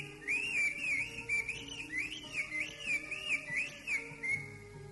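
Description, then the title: Greater green leafbird song: a flowing run of looping, rising and falling whistled notes, delivered continuously over a faint low hum. "Burung Cucak Ijo"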